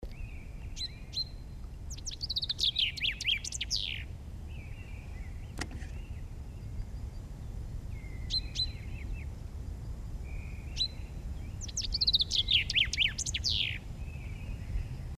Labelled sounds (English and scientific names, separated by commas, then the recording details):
Common Chaffinch (Fringilla coelebs) song, Great Tit (Parus major)
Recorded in the wild
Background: Parus major
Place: Garmisch-Partenkirchen, Bayern, DE
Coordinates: 47.4981, 11.1306
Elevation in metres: 1043
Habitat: mountains
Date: 1980-03-29
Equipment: Uher 4000 Report, Sennheiser MKH 815 T
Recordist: Tretzel, Erwin
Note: Eckenhütte, Garmisch-Partenkirchen: Gesang